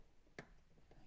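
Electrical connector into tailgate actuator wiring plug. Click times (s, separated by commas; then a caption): 0.4 s. An electrical connector is pushed into the tailgate actuator wiring plug on a Land Rover Discovery 3/4, with its locking tab facing down. One sharp click sounds at 0.4 s, and the connector is seated and confirmed good. Quiet background noise fills the rest of the clip.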